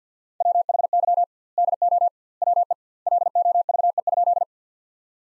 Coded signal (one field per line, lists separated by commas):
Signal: Morse code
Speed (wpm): 50 wpm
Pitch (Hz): 700 Hz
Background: none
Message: WHY DO WE LOVE?